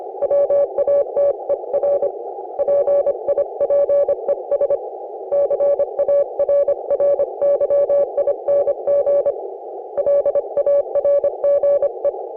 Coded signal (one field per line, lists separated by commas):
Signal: Morse code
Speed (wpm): 26 wpm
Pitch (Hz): 560 Hz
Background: none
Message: WATER PIPES CARRYING LARGE